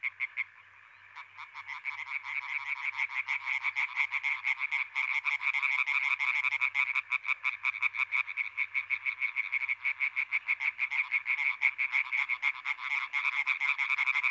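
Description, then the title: European tree frog chorus, quiet at first, then many frogs building into a loud, dense, continuous stream of rapid croaks. Chorus at Étang des Marguilliers pond, Sologne, France, 21 May 1993, one hour after nightfall, intense calling activity. "Choeur de rainettes en Sologne"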